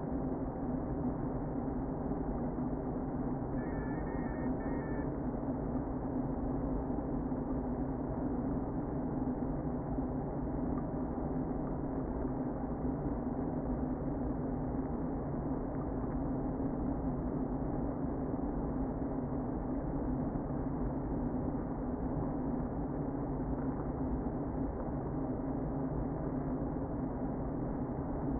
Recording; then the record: honeybee colony, microphone inside the hive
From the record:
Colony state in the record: queen present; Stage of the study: before two queens were removed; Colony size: about 60,000 bees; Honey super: yes